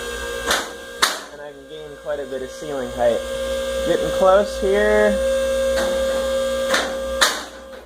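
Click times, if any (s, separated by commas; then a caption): none. A Wildfire Lifts XLT 9000 two-post car lift is raised toward the wanted height while its motor hums steadily and someone talks, with short sharp knocks from the lift. The steel safety locks in the lift column have not yet given their final lock click, and nothing has seated yet.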